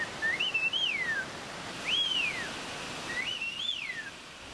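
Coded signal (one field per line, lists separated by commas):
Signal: whistled language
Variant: Chinantec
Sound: three gliding whistled phrases rising and falling between about 1.5 and 3.5 kHz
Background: outdoor background hiss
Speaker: the elder men can carry on conversations in whistle speeds some of them's not all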